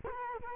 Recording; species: mosquito wingbeat signal from an infrared sensor; Culex quinquefasciatus